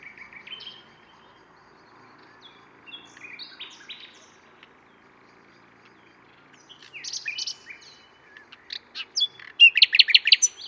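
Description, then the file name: Common nightingale song starting soft and sparse, then building to loud chattering phrases and a strong, fast repeated trill at the close. "Luscinia megarhynchos"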